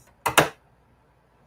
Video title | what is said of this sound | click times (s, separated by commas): Sew-A-Long for beginners | You heard that? Just make sure that they snap down so that | 0.3 s, 0.4 s